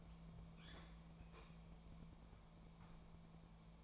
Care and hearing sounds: daily activity, microphone in the room; open fridge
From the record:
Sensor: 1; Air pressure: 1000.1 hPa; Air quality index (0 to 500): 134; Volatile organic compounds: 2 ppm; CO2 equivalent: 1263 ppm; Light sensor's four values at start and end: 38/95/40/49 and 37/94/40/49

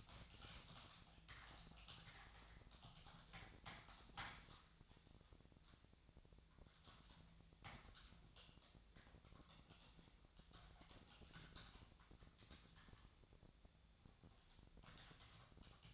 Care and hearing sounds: daily activity, microphone in the room; typing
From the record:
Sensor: 3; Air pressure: 999.2 hPa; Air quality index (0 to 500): 206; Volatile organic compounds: 55 ppm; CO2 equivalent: 3362 ppm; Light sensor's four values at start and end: 8/20/7/8 and 8/20/7/8

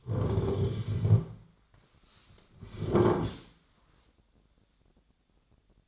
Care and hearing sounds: daily activity, microphone in the room; sit down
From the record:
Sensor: 3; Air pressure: 1009.2 hPa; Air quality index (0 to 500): 180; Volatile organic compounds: 3 ppm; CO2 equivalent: 1462 ppm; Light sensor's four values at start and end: 34/87/38/40 and 42/106/47/47

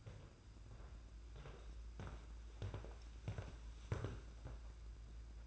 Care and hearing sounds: daily activity, microphone in the room; walk to room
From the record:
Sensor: 2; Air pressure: 991.9 hPa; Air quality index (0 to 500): 231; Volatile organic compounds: 1000 ppm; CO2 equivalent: 7762 ppm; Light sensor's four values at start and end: 18/58/23/21 and 14/41/16/15

